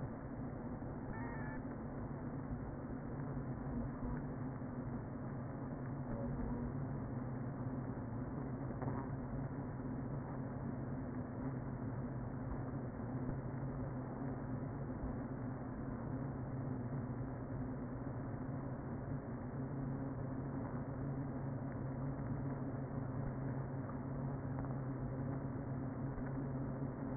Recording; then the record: honeybee colony, microphone inside the hive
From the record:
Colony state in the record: queen present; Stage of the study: before two queens were removed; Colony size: about 60,000 bees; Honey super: yes